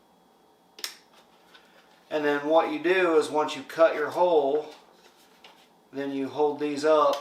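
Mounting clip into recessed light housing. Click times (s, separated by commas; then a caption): 0.8 s. A plastic mounting clip on a Govee H601A recessed light is snapped into the light housing, giving a sharp double click at about 0.8 seconds as it seats. After a quiet pause, someone talks.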